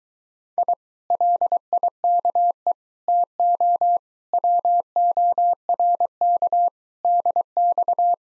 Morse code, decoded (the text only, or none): I LIKE TO WORK DX